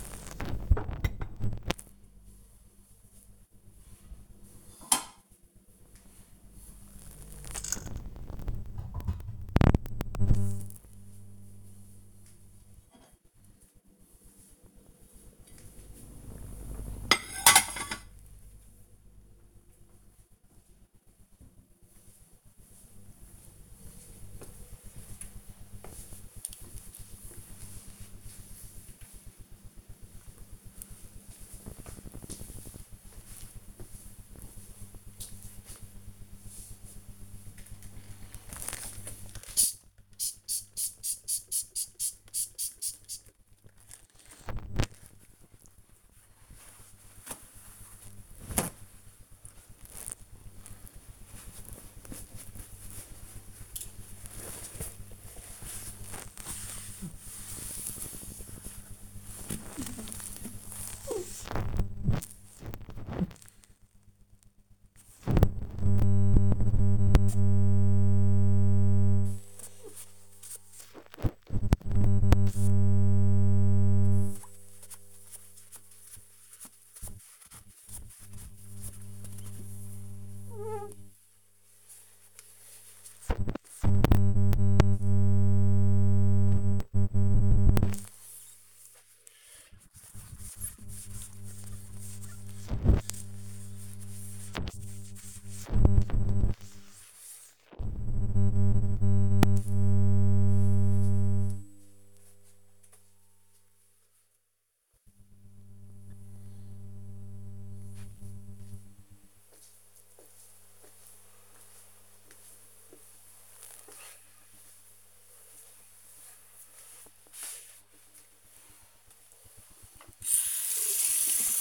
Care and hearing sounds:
household activities, microphone on the right wrist
0.00-19.17 s: putting away the dishes
37.26-100.73 s: window cleaning
118.84-121.61 s: washing hands

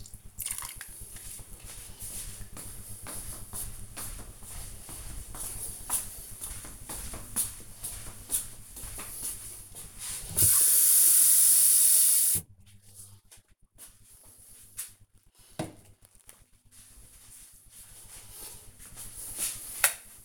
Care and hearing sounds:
household activities, microphone on the right wrist
0.00-1.36 s: watering plant

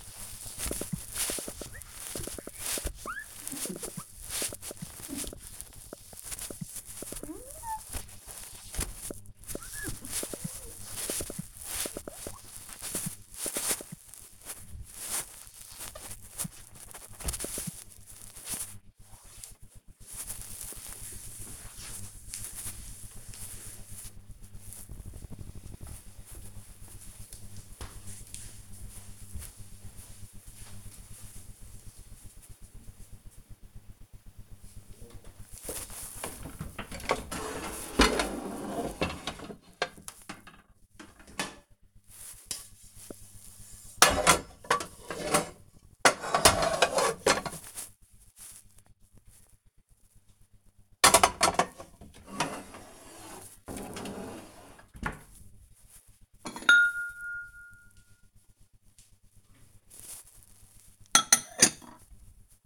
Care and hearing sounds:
household activities, microphone on the right wrist
0.00-19.46 s: window cleaning
34.59-62.66 s: putting away the dishes

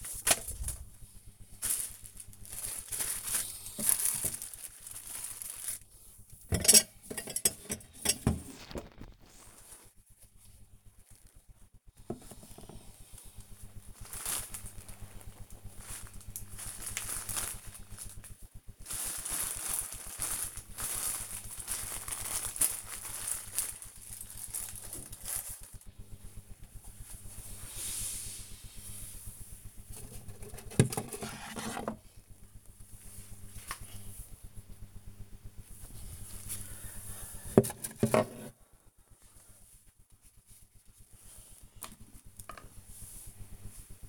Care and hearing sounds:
household activities, microphone on the right wrist
0.00-44.09 s: tidy up the cupboard

